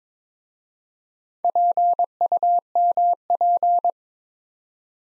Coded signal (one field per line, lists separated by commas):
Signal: Morse code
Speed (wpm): 23 wpm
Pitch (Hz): 700 Hz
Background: none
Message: PUMP